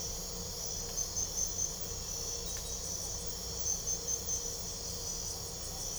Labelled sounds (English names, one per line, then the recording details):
none
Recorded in pastures near Puerto Asís, Putumayo, Colombia, on 22 December 2024 at 01:30
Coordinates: 0.497, -76.327
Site G088